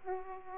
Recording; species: mosquito wingbeat signal from an infrared sensor; Aedes aegypti